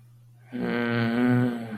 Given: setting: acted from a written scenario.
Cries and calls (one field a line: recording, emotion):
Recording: vocal sound without words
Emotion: anger